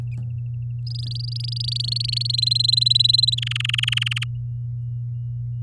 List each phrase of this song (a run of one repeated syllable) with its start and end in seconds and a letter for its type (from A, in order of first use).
0.86-2.32 A, 2.33-3.35 B, 3.37-4.24 C